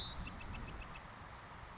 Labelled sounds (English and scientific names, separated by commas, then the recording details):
Bewick's Wren (Thryomanes bewickii)
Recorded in Sonoma County, California